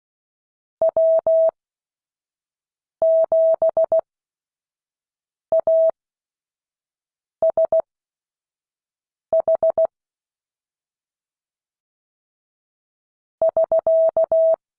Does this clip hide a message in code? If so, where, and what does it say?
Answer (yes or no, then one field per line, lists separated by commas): yes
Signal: Morse code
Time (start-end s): 0.8-14.5 s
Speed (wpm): 16 wpm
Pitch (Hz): 650 Hz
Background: none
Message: W7ASH <SK>